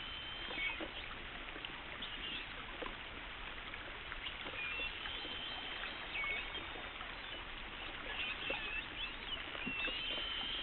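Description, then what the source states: Spinner dolphin whistles, thin rising and falling tones scattered throughout over a steady wash of underwater noise with faint clicks. Recorded 27 August 2012 at 21:54.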